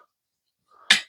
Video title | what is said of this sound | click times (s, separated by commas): Tamiya P 51D Mustang Review & Full Build part 1 | and then oh just snaps into place | 0.9 s